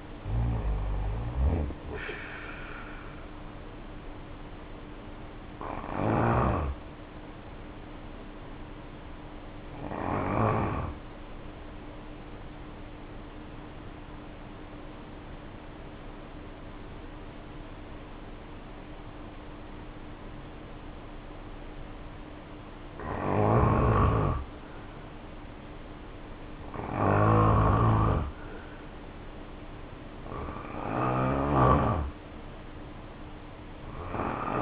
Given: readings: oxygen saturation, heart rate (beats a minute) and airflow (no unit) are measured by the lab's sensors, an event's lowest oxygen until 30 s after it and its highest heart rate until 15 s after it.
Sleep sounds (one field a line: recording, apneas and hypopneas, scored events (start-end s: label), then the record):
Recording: breathing in sleep by a voice recorder at the bedside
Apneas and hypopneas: 1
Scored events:
4.00-25.40 s: hypopnea (N1, oxygen 94% highest, then 85% lowest, heart rate 74 at the start, 74 highest)
From the record:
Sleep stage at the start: N1 (lightest sleep)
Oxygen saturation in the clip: 76 to 94%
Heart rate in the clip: 52 to 77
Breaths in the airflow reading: 6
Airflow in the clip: -3.8 to 7.5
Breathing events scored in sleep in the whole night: 520 in 7.2 hours asleep